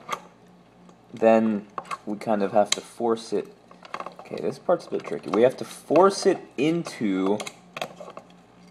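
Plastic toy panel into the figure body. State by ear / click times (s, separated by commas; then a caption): seated / 7.8 s. Someone talks while forcing a tricky plastic panel of a Generations Warpath transforming action figure into its slot in the figure body during transformation. A sharp plastic knock at 7.8 s marks the part seating in place.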